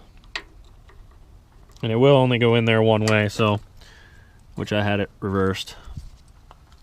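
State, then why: Not seated. A plastic wiring harness connector is handled at the socket of a Spyder tail light assembly being installed on a 2018 Cummins; it goes in only one way and had been reversed. Someone talks over a few faint, sharp ticks near the start and end. Nothing has seated or clicked yet.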